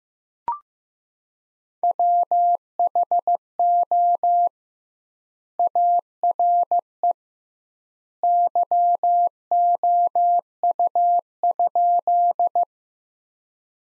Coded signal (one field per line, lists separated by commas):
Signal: Morse code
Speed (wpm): 15 wpm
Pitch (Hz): 700 Hz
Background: none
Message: WHO ARE YOU?